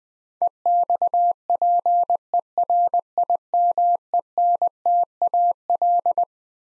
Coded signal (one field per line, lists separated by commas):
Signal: Morse code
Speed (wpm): 20 wpm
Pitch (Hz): 700 Hz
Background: none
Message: EXPERIMENTAL